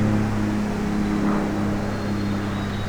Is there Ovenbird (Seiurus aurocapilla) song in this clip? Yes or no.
no